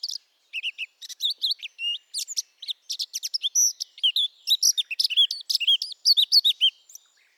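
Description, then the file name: Eurasian blackcap warbling steadily, a rapid jumble of high twittering notes and brief clear whistled slurs running almost without a break. "Sylvia atricapilla"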